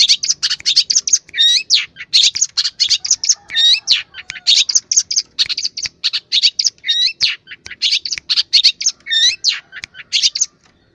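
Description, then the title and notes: Long-tailed shrike song, a dense, hurried chatter of high scratchy and whistled notes with a few rising slurs, pouring out almost without pause. Training recording for cage birds (masteran). "Cendet 07. Masteran Burung Cendet"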